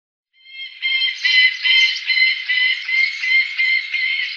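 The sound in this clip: Saker falcon giving a rapid, harsh chattering series, notes running together at about two and a half per second.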